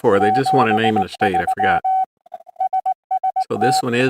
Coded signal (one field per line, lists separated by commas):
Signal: Morse code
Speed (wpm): 18 wpm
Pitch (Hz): 750 Hz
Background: speech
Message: 73 SST